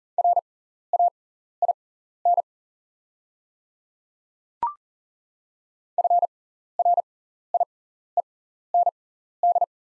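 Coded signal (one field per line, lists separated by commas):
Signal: Morse code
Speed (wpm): 40 wpm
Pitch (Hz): 700 Hz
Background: none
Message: RAIN FRIEND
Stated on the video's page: Practice drill at 40wpm of top 300 words with 6x character spacing, Farnsworth timing.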